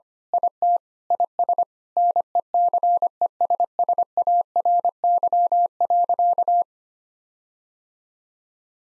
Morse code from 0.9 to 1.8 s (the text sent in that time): IS